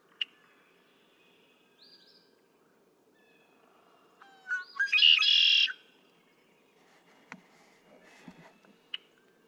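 Red-winged blackbird song: a few soft notes, then one loud buzzy trill near the middle, with faint scattered chips before and after.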